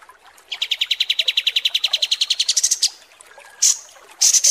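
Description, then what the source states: Kapas tembak gives a quick, pulsed trill that climbs in pitch and ends in sharp high notes, followed by two short loud bursts. Masteran training recording of kapas tembak song.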